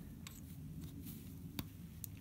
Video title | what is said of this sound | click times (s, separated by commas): Mercedes Sprinter Camper Van - Solar Panels | You now just insert it into the fitting until you hear it click. | 1.6 s, 2.0 s